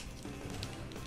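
Plastic car-door panels on either side of a Transformers Studio Series Rise of the Beasts Deluxe Class Bumblebee (SS-100) figure are pushed toward their torso clips during transformation, with steady plastic handling noise and a few brief sharp ticks. Nothing has seated or clicked yet; the panels are not yet home when the sound ends.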